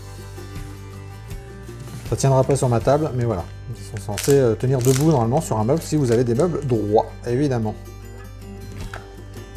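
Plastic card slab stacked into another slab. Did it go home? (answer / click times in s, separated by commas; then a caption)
yes / 8.9 s. A plastic card slab (graded card case) is pressed onto another slab so the two interlock, while someone talks over background music. A short, sharp click is heard at 8.9 s as the slabs fit together and hold firmly without moving.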